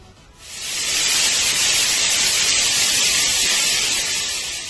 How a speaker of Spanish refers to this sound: En vez del prometido anuncio, les fue presentado un televisor en el que solo se veía ruido blanco.